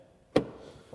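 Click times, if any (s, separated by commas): 0.4 s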